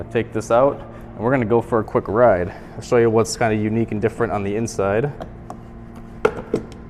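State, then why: Seated. Someone talks, then the charging connector taken out of a 2020 Audi Q5 plug-in hybrid is pushed into its holder or dock. A sharp click at 6.2 s shows it seating, followed by a few smaller knocks as it settles.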